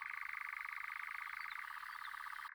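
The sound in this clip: Nightjar churr, a fast pulsing trill that runs without a break and shifts slightly lower partway through, against faint background hiss.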